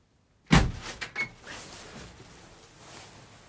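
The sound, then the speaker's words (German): A bedroom door is yanked open in the middle of the night with a sudden loud, heavy bang, followed by two quick rattling knocks and a low, trailing clatter that slowly fades. No one speaks. “Mitten in der Nacht Tür aufreißen und reblern?”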